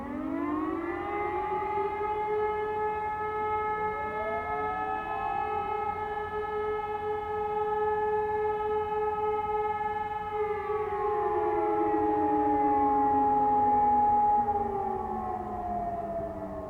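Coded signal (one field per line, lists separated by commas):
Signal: siren signal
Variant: E57 sirens, Feueralarm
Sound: loud steady wailing siren tone, then its pitch slowly drops as a second siren winds down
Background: other distant sirens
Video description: aufgenommen beim monatlichen Probealarm der Feuerwehrsirenen in Königswinter am 16.01.2021 um 12 Uhr mit dem Signal "Feueralarm".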